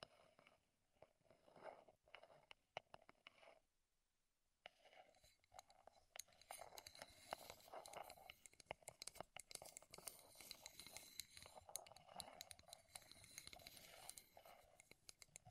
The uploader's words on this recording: ASMR Wood Triggers in Your Ears (No Talking).